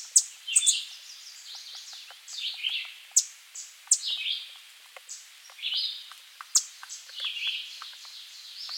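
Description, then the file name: American redstart song: high, thin phrases of quick notes sliding downward, repeated several times, with sharp clicks. "Setophaga ruticilla - American Redstart"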